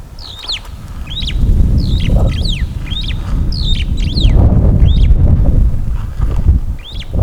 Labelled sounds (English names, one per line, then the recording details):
Superb Starling flight call
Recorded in Kenya on 14 April 2009 at 15:05
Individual 2, of group CF1